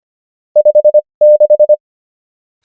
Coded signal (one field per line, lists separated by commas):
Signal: Morse code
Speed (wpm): 25 wpm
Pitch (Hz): 600 Hz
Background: none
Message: 56